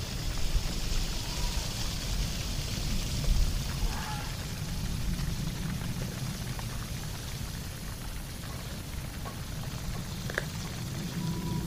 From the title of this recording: lost in the dark village Asmr ambience